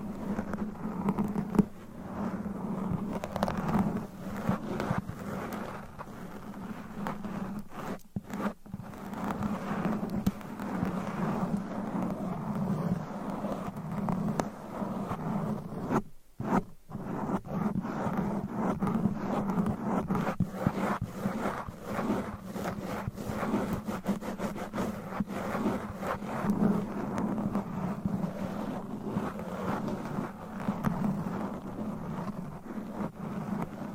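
Microphone scratching, a dense, continuous rubbing and scraping that rarely lets up, heavy in the low end with a steady droning hum beneath it. The texture flickers rapidly, with brief silent gaps near 8 and 16 seconds before the scratching resumes.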